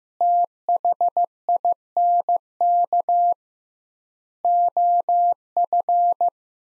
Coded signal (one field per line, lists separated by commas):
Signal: Morse code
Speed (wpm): 16 wpm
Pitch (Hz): 700 Hz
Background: none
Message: THINK OF